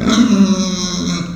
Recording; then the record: squeal of a Yucatan mini pig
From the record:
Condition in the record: after surgery on the right vocal fold (resection and tissue-engineered implant); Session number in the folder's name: 9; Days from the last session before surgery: 65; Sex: female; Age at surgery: 19 weeks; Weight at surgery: 25 kg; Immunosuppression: prednisolone